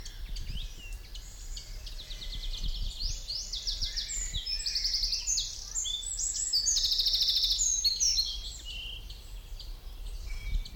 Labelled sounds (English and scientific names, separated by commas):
Eurasian Wren (Troglodytes troglodytes)